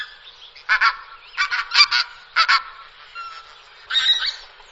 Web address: chant jean roche oie a bec court